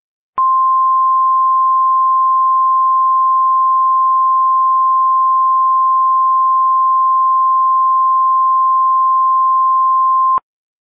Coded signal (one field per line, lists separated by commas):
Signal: Emergency Alert System (SAME) tones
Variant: 1050 Hz attention tone